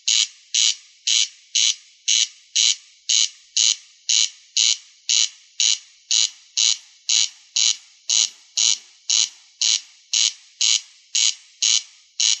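Rail repeating a hoarse, ratchet-like note many times in a steady, regular series; no other sounds.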